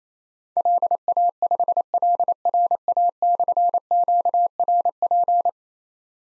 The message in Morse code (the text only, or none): LA5LRA/QRP